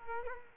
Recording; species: mosquito wingbeat signal from an infrared sensor; Culex quinquefasciatus